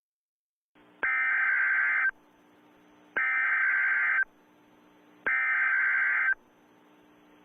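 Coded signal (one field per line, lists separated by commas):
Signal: Emergency Alert System (SAME) tones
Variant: header bursts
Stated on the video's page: Mock (simulated) EAS alert.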